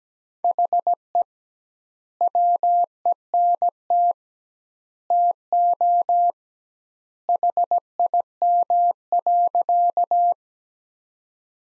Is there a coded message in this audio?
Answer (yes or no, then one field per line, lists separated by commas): yes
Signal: Morse code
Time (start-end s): 0.4-10.3 s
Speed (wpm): 17 wpm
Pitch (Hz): 700 Hz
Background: none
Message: HE WENT TO HIM.